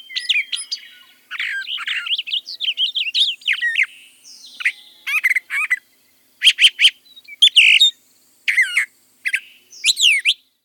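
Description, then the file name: Brown thrasher singing a quick string of mixed phrases, scratchy, whistled and chattering, with brief gaps between bursts; no other sounds stand out. "suara brown thrasher variasi"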